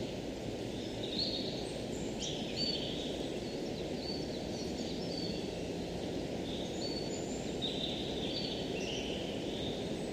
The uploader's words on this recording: It was pretty windy in the forest today.